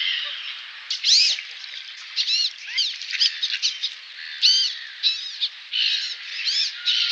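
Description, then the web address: Wood duck display calls: squeaky rising-and-falling whistles and wheezy notes, given in irregular bursts throughout. Male wood duck display. "Wood Duck male display"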